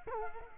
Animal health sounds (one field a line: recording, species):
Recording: mosquito wingbeat signal from an infrared sensor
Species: Culex quinquefasciatus